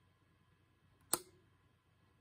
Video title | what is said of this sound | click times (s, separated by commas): Faites vous un outil multi fonctions pour le bois ! | Le petit clic que vous avez entendu confirme que la vis est bloquée. | 1.1 s